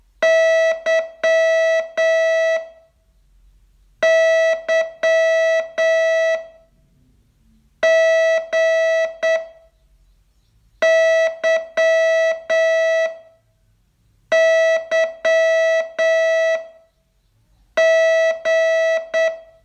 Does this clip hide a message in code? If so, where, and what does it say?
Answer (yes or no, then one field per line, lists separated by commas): yes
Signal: Morse code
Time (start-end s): 0.2-19.3 s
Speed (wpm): 8 wpm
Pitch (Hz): 650 Hz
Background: none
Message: YYGYYG